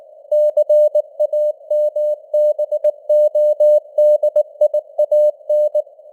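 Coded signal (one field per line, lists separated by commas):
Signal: Morse code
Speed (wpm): 19 wpm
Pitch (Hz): 600 Hz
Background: none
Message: CAMBODIAN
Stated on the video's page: Morse news headlines at 19wpm with simulated radio noise and varying signal strength (QSB).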